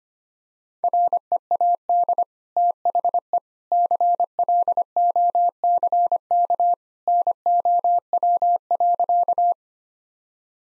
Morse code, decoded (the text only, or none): READ THE CLOCK NOW.